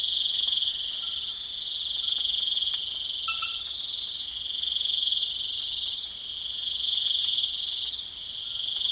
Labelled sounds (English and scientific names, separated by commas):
none